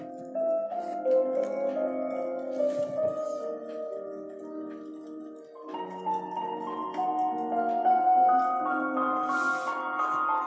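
Slow piano chords ring out and sustain, with a soft melody drifting above in the middle register. Around the six-second mark the harmony shifts and grows a little fuller and louder. Faint crackles and soft hiss sit underneath, like a fire burning nearby.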